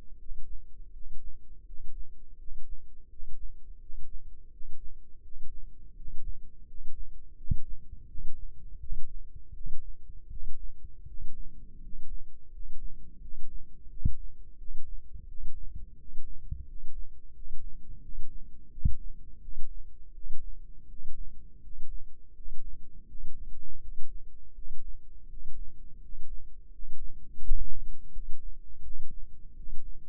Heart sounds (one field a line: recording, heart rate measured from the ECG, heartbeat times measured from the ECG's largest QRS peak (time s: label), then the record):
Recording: heart sounds by microphone in the left ear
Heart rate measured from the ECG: 84 bpm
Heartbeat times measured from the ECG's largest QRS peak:
0.16 s: heartbeat
0.91 s: heartbeat
1.64 s: heartbeat
2.36 s: heartbeat
3.07 s: heartbeat
3.78 s: heartbeat
4.49 s: heartbeat
5.21 s: heartbeat
5.94 s: heartbeat
6.65 s: heartbeat
7.35 s: heartbeat
8.06 s: heartbeat
8.78 s: heartbeat
9.52 s: heartbeat
10.28 s: heartbeat
11.05 s: heartbeat
11.79 s: heartbeat
12.49 s: heartbeat
13.19 s: heartbeat
13.88 s: heartbeat
14.56 s: heartbeat
15.26 s: heartbeat
15.96 s: heartbeat
16.64 s: heartbeat
17.32 s: heartbeat
18.00 s: heartbeat
18.69 s: heartbeat
19.39 s: heartbeat
20.12 s: heartbeat
20.87 s: heartbeat
21.60 s: heartbeat
22.33 s: heartbeat
23.06 s: heartbeat
23.79 s: heartbeat
24.53 s: heartbeat
25.27 s: heartbeat
25.99 s: heartbeat
26.69 s: heartbeat
27.40 s: heartbeat
28.10 s: heartbeat
28.81 s: heartbeat
29.54 s: heartbeat
From the record:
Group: healthy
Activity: rest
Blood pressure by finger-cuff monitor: 110/73 mmHg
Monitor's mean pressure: 82 mmHg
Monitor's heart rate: 84 bpm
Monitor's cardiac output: 6.5 L/min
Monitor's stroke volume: 78 mL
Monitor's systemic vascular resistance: 900 dyn s/cm5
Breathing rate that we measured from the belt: 12 breaths a minute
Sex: male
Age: 35 years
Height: 180 cm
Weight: 86.9 kg